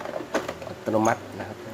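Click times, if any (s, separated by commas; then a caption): none. After the full waste ink pad of an Epson L210/L360 printer is cleaned, a printer cover or pad holder is refitted by hand into its original position in the printer body while someone talks, with light handling noises around 0.2 s and 0.5 s. The part has not latched or clicked into place yet; it is meant to snap into its lock automatically before the screws are fastened.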